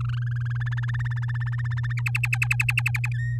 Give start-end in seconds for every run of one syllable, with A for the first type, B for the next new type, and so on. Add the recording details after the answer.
0.00-0.80 A, 0.82-1.93 B, 1.97-3.08 C, 3.14-3.38 D. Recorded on 8 May 2018 at 15:43. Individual llb16